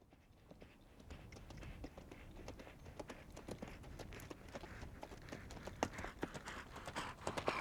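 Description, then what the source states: Horse cantering: irregular drumming hoofbeats on soft ground, starting faint and growing louder toward the end. A horse cantering past on dirt.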